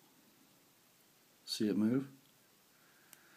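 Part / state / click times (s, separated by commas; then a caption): pocket knife blade tang against the back spring / seated / 3.1 s. Someone talks briefly, then a blade of a bone-handled Case 3-blade stockman slip joint pocket knife is opened against its back spring. At 3.1 s there is a short, sharp snap as the spring pops onto the flat of the tang and holds the blade open.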